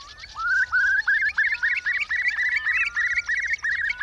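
Curlew calls: rising whistled notes follow each other in close succession, with a bubbling quality.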